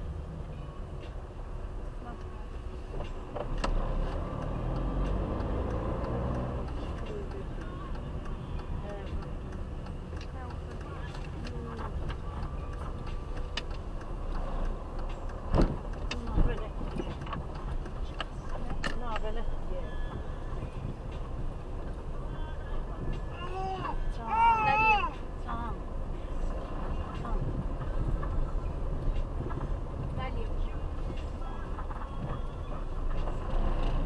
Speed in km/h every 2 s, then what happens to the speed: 13, 7, 9, 15, 25, 16, 12, 9, 10, 10, 10, 12, 10, 8, 6, 4, 7.
0-3 slows to 7. 3-7 speeds up to 25. 9-13 brakes to 9. 13-23 steady at about 10. 23-27 slows to 6. 27-34 steady at about 6.